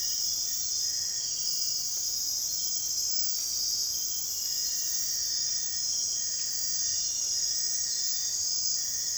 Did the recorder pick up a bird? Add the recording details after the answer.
no. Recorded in dense forest near Puerto Asís, Putumayo, Colombia, on 29 June 2025 at 02:00. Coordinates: 0.468, -76.322. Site GP03